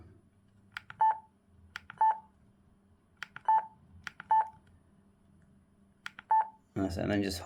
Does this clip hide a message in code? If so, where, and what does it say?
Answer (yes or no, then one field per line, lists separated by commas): no